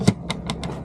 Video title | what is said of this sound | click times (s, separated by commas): EP3 DIY Pannier mount | It semi locks into place. | 0.3 s